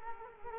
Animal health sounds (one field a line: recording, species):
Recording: mosquito wingbeat signal from an infrared sensor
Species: Culex quinquefasciatus